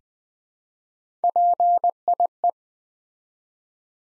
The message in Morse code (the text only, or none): PIE